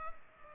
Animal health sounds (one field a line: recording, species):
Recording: mosquito wingbeat signal from an infrared sensor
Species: Culex pipiens